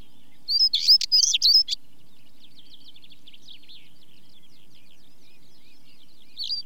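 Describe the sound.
Stonechat song, a quick scratchy high phrase of about a second, followed by soft continuous twittering from other birds in the background.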